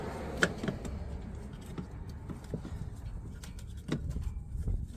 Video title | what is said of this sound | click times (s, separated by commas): 🔧 How to Install New Batteries & MCOR in a Club Car Precedent Golf Cart! 🛠️ | and the new one just pops right in just like | 0.4 s